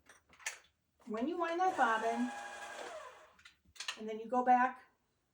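Someone talks while handling a sewing machine hand wheel after bobbin winding, turning the inner hand wheel back so the black clutch member can slide into the groove of the coupler pinned to the main shaft. Brief handling ticks are heard around 0.1–0.5 s and 3.4–3.9 s between stretches of talk. Nothing has seated or clicked yet; the clutch member is not home by the end.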